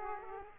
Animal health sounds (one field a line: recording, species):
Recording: mosquito wingbeat signal from an infrared sensor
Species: Aedes aegypti